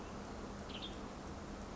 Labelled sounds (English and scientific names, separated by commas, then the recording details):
Western Tanager (Piranga ludoviciana)
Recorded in Sonoma County, California